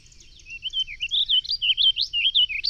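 Bird song: quick, high, warbling notes slurring up and down, repeated steadily from shortly after the start to the end.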